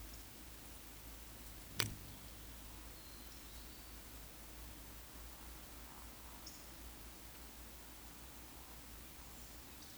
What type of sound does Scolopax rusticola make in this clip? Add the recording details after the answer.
whistle, croak. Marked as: whistle, croak, whistle, croak, whistle. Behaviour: display flight. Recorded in Baden-Württemberg, Germany, on 16 June 2021 at 19:56 UTC. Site 20675, 466 m above sea level